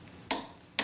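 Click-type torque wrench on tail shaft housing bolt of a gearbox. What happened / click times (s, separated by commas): Torque wrench clicks at its set torque / 0.3 s, 0.8 s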